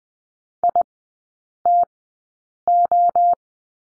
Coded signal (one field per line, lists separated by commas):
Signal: Morse code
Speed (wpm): 20 wpm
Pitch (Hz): 700 Hz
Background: none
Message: ITO